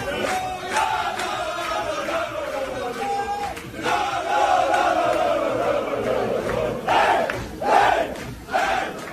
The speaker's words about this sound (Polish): To radość kolejorza w szatni, bo Lech Poznań zagra w 1/8 finału Ligi Konferencji UEFA.